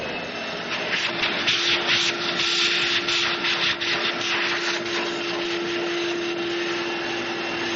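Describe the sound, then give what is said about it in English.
A vacuum cleaner runs steadily with a broad, rushing whir and a sustained mid-pitched hum, starting up after a brief quiet moment and holding at an even, fairly loud level with no talking. “I guess vacuum cleaner. No, vacuum cleaner. Here you go.”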